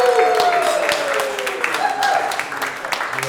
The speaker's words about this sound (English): Together with me, I want to have a big applause to the founder of this movement,